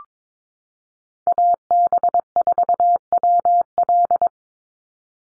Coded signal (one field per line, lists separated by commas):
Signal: Morse code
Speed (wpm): 22 wpm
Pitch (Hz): 700 Hz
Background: none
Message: AB4WL